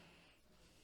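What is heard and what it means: A plastic Lux Blox construction-toy piece is pushed onto a rover model by hand, with only a steady low hum and faint handling noise heard. Nothing has seated or clicked yet.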